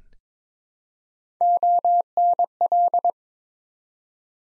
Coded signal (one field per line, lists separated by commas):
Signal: Morse code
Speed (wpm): 22 wpm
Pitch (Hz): 700 Hz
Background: none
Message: ONL